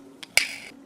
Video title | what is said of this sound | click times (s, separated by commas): Death Reviews: Blot - Deluxe - Power of the Primes | push the robot's legs together until they tab and click into place | 0.4 s